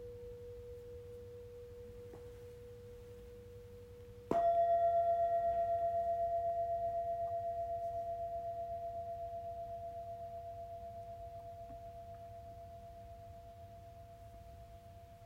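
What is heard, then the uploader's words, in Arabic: A singing bowl hums a steady pure tone, then around four seconds a bowl is struck, adding a brighter, higher ring over it with faint overtones. The struck note decays slowly across the rest of the clip while a low soft rumble sits underneath. تقدّم عايشة رمضان في هذه الحلقة جلسة علاج بالصوت عبر استخدام تقنية أوعية الغناء التبتية والأوعية الكريستالية .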